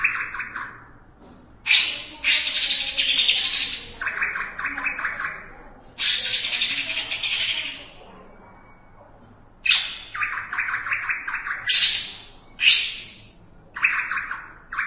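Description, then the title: Greater green leafbird pouring out repeated harsh, grating chatter phrases, each a couple of seconds long, broken by short silences and later by quicker clipped bursts. "Cucak ijo"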